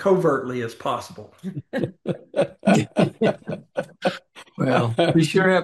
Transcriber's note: laughs